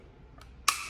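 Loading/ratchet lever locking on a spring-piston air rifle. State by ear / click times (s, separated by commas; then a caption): seated / 0.7 s. The loading lever on the ratchet mechanism of a .22 caliber Diana 460 Magnum spring-piston air rifle is raised after its release lever is pressed, moving the metal part upward until it locks in place. A faint tick comes at 0.4 s, then a sharp, bright metallic click at 0.7 s followed by a short ringing tail. The lever is seated and locked up.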